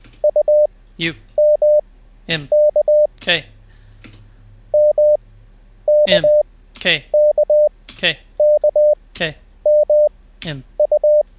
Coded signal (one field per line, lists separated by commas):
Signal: Morse code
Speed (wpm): 20 wpm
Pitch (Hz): 600 Hz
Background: speech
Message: UMK MKKKMU